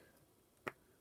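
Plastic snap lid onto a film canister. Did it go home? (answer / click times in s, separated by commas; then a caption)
yes / 0.7 s. A plastic snap lid is pressed onto a film canister to practise sealing it before a rocket experiment. A single short, sharp pop is heard at 0.7 s against a quiet background. The lid seats and is sealed all around.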